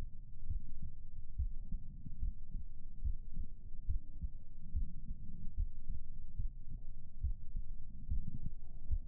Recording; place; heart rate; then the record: heart sounds by stethoscope; pulmonary valve (PV); 69 bpm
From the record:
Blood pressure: 116/81 mmHg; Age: 52 years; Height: 160 cm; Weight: 77 kg